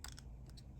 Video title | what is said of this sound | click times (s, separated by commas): The Wolfang 4K GA200 Action Camera Basic Functions | and then I'm just going to kind of smush it you're going to hear a click | 0.0 s